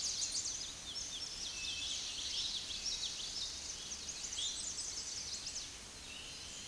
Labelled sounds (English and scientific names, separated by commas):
Common Yellowthroat (Geothlypis trichas) song